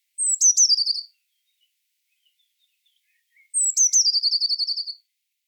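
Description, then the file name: Eurasian blue tit calls, twice: a thin high descending note running straight into a fast buzzy scolding churr, the second churr a little longer. "Cyanistes caeruleus"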